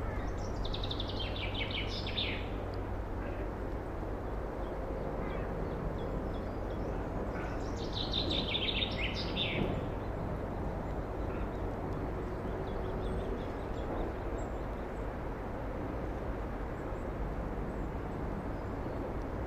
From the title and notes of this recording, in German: Heute nehme ich Euch mit in ein Naturschutzgebiet im Schwarzwald. Die Vögel zum greifen nah, der Wald erwacht nach und nach.